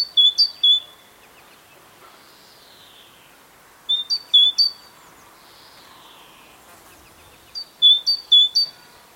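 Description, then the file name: Great tit calls in short bursts of a few sharp, bright notes, a burst roughly every four seconds, with a fainter falling buzzy sound between bursts. "Parus major"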